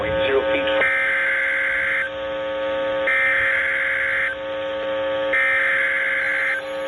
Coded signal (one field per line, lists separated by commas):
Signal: Emergency Alert System (SAME) tones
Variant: header bursts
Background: speech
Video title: EAS #34 Severe Thunderstorm Warning